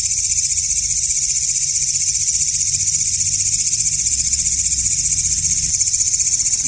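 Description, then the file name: Grasshopper buzzing on a sharp, high, evenly throbbing note without a break; a low rumble sits beneath. Walang ngapak calls separated by 30-second pauses. "audio-walang-ngapak-versi-terbaru 3-jeda-30-detik"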